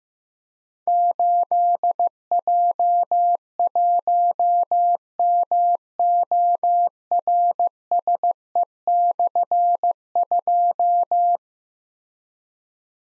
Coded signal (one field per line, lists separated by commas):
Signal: Morse code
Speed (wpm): 15 wpm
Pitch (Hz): 700 Hz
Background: none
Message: 8J1MORSE/2